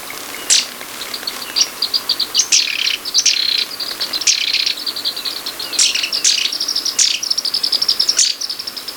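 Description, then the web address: Tufted tit-tyrant giving rapid, high-pitched dry trills of even notes, broken by short buzzy bursts, repeated throughout over steady background hiss. Recorded in Ecuador, South America. "Birds of Ecuador 2. Tufted Tit-Tyrant"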